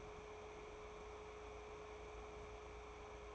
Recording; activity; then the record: daily activity, microphone in the room; take from stove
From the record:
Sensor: 1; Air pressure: 1010.3 hPa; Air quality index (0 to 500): 171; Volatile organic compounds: 12 ppm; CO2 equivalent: 2360 ppm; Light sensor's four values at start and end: 58/148/62/78 and 59/151/63/80